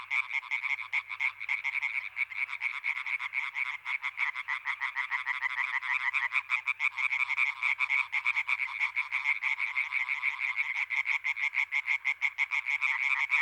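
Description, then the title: European tree frog chorus: loud, harsh, quick-fire croaks from many frogs overlapping without pause, with a faint low hum. Many European tree frogs calling intensely at the Etang des Marguilliers pond in Sologne, France, 21 May 1993, an hour after nightfall. "Choeur de rainettes en Sologne"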